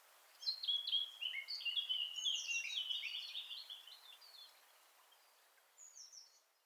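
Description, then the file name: Eurasian blackcap song: a sustained, jumbled warble of bright whistled notes that fades out, followed by a brief high fragment. "Sylvia atricapilla"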